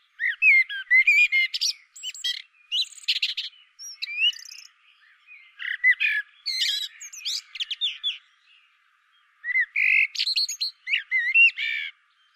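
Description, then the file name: Common blackbird song, mixing mellow whistled notes with many sharp, high squeaky twitters across several phrases. "Turdus merula"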